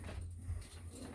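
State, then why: Not seated. The bed lock latch on the stowed Murphy bed of a 19-foot Forest River Rockwood Mini Lite 1905 travel trailer is handled as it is locked down for travel. A steady low hum runs through the clip with no sharp hits. Nothing has seated or clicked yet.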